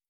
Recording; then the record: hydrophone in a shrimp aquaculture tank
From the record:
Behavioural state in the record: starved